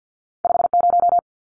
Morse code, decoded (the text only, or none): 50